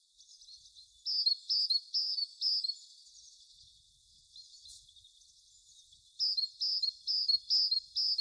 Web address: SETE Parus major